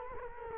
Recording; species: mosquito wingbeat signal from an infrared sensor; Culex quinquefasciatus